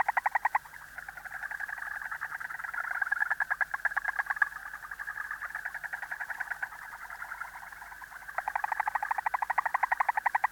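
Japanese brown frog calling in rapid trains of clicky pulses, mid-pitched and steady, louder at the start and end.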